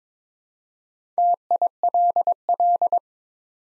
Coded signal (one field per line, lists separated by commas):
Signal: Morse code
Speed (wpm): 22 wpm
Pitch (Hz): 700 Hz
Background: none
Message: TILL